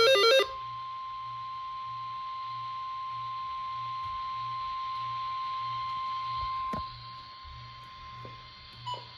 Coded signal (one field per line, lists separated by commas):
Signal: Emergency Alert System (SAME) tones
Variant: 1050 Hz attention tone